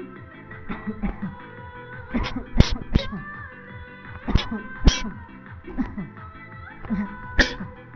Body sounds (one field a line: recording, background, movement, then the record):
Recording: voluntary coughing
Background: music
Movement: sitting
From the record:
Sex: male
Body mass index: 20.5 kg/m2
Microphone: on the chest, facing the body